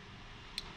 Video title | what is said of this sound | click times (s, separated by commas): HOW TO : REPIN your Accuair main harness connector - STEP-BY-STEP Walk-thru | and you're gonna hear it lock. | 0.6 s